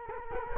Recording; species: mosquito wingbeat signal from an infrared sensor; Culex quinquefasciatus